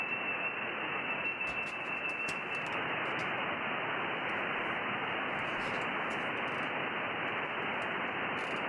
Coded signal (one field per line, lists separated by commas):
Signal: FT8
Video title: Monday Afternoon HF - Calling CQ & Hunting POTA